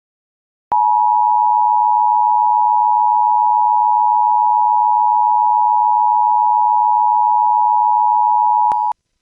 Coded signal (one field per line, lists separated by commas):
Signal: Emergency Alert System (SAME) tones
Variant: 853 and 960 Hz attention tone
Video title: (Old) EAS Mock - Santa Barbara County TOR - 3/30/24